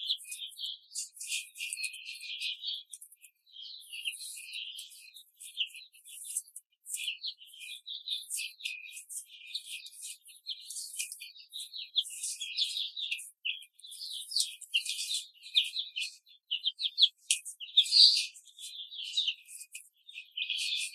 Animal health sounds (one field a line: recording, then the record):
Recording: young laying hens in a cage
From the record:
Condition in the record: control cage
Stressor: none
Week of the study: 5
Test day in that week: 1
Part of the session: 1